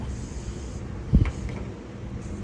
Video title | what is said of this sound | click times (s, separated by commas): Three port PTF, NG, overview | and once you feel it click, it'll draw up. | 1.2 s